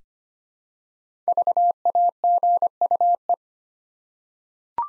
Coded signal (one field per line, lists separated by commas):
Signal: Morse code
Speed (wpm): 25 wpm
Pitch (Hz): 700 Hz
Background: none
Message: VAGUE